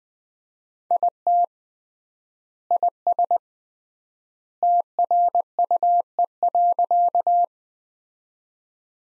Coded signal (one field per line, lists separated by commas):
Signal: Morse code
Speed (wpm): 20 wpm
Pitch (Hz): 700 Hz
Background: none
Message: IT IS TRUE.